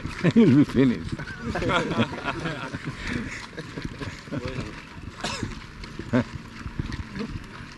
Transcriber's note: laughter; laughs